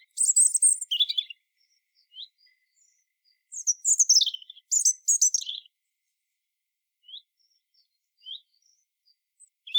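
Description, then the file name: European robin singing high, thin trilled phrases in bursts, separated by quiet gaps with faint scattered notes. "Erithacus rubecula"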